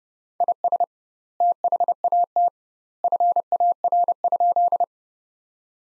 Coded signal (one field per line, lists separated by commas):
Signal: Morse code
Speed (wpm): 30 wpm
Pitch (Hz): 700 Hz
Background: none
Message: IS THAT FAR?